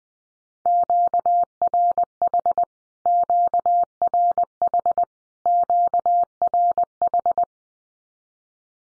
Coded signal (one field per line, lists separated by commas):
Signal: Morse code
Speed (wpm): 20 wpm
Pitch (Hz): 700 Hz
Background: none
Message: QRH QRH QRH